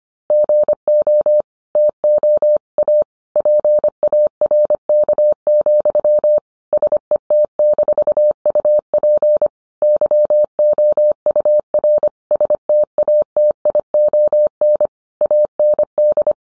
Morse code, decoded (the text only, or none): GO TO A PARK, SET-UP YOUR STATION AND